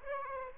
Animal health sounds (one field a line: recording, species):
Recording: mosquito wingbeat signal from an infrared sensor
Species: Aedes aegypti